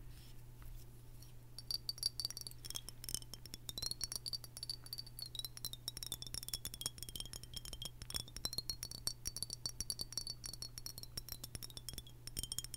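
Glass is tapped rapidly and continuously from about a second and a half in, a dense run of sharp clicks. A thin, high ringing tone wavers above the taps throughout, and a steady low hum runs underneath the whole time.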